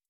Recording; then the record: hydrophone in a shrimp aquaculture tank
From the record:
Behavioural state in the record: stressed